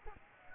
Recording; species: mosquito wingbeat signal from an infrared sensor; Aedes aegypti